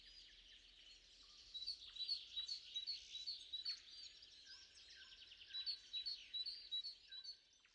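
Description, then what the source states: Bird song, bursts of rapid high chirping notes with thin whistles, over a faint background hiss. Three birds recorded in the morning.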